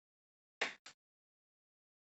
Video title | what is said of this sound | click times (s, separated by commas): I-HONVA for Galaxy Note 10 Case Unboxing Installation and First Impressions | and it should clip click into place okay | 0.6 s